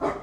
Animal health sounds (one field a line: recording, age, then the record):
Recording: pig call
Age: growing-finishing pig (85 days or more)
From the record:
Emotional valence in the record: positive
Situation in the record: run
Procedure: transit